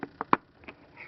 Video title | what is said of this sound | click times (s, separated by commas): Pocketbook Pb360_bl 360 G sensor Dictionary | it pops right off | 0.3 s